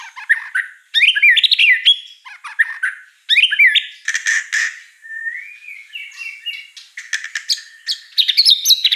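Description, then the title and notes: White-rumped shama song in choppy bursts of harsh squawky notes, whistled slurs and buzzy rattles, with a short warbled passage. Lure song (pancingan) with rich, elaborate fill phrases (isian mewah), meant to get a bird singing actively (gacor). "Pancingan Gacor Murai Batu Bongkar Isian Mewah. Audio Murai Batu Dongfeng"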